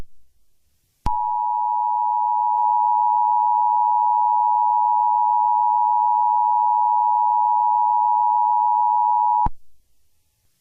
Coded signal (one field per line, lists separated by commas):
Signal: Emergency Alert System (SAME) tones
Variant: 853 and 960 Hz attention tone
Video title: My first EAS apart 2